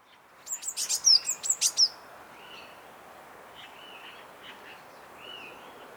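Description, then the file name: Eurasian blue tit call: a quick burst of high, thin descending notes, then faint lower slurred whistles amid background hiss. "Cyanistes caeruleus"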